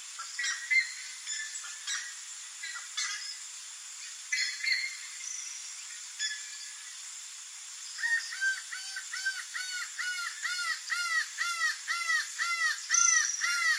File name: canto do acaua